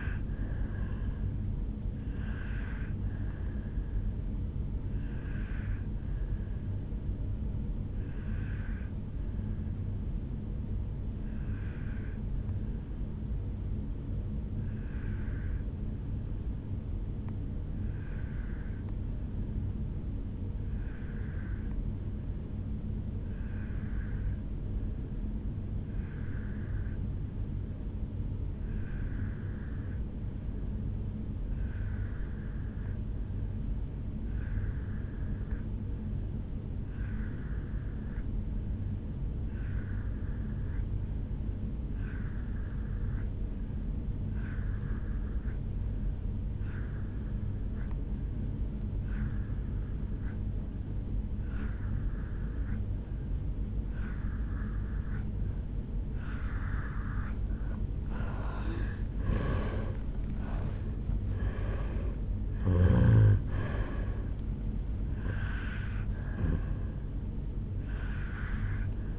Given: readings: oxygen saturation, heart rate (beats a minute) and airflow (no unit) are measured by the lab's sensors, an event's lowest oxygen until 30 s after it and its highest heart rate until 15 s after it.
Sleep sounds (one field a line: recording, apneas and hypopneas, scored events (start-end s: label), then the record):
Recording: breathing in sleep by a smartphone at the bedside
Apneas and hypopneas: 1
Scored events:
10.00-58.20 s: obstructive apnea (N2, oxygen 97% highest, then 82% lowest, heart rate 56 at the start, 77 highest)
From the record:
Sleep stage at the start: N2 (light sleep)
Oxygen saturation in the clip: 83 to 97%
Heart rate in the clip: 56 to 77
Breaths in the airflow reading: 6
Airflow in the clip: -9.7 to 6.5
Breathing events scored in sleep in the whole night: 449 in 7.0 hours asleep